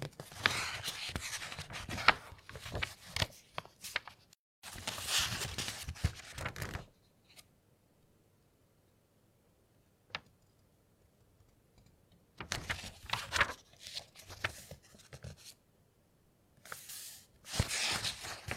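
Pages of a book are turned slowly, each turn a crisp, papery rustle with bright edges. Rustling fills the first seven seconds, then near silence with a single soft tap around ten seconds, before more page turns return from about 12 seconds onward.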